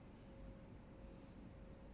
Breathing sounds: one breath in and out by a microphone near the nose and mouth; normal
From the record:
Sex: male

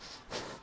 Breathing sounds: one breath in and out by a microphone near the nose and mouth; strong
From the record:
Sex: male

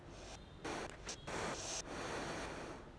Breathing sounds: one breath in and out by a microphone near the nose and mouth; deep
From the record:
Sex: female

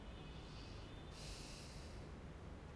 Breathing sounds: one breath in and out by a microphone near the nose and mouth; normal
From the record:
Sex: male

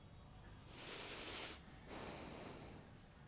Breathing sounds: one breath in and out by a microphone near the nose and mouth; deep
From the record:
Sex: male

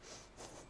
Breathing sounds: one breath in and out by a microphone near the nose and mouth; strong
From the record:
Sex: female

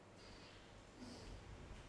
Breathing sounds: one breath in and out by a microphone near the nose and mouth; normal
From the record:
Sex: male

